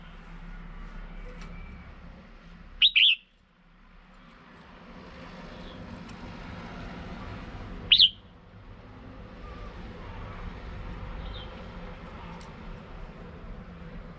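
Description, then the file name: Red-whiskered bulbul calls twice, sharp slurred notes about five seconds apart, over a constant low traffic-like rumble. Female. "tieng chao mao mai"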